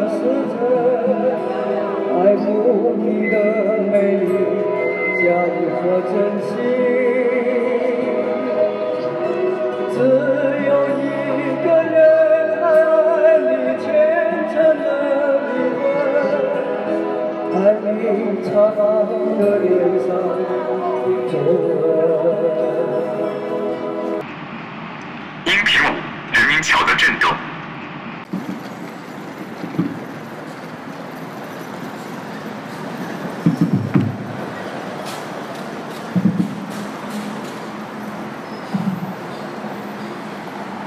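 Portable karaoke plays under the Renmin bridge: for the first twenty-four seconds a loud, steady blend of amplified singing and backing music fills the air. Then it cuts off, leaving a steady rushing hiss broken by a few sharp knocks and thumps.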